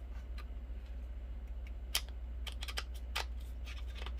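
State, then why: Not seated. Someone tries to fasten a transplanted memory buckle on the cuff of a Razors Shima inline skate boot, producing sharp plastic clacks and rattles around 1.9, 2.6, 2.8 and 3.2 seconds over a steady low hum. The buckle never locks into place and nothing seats or clicks; it does not stay closed.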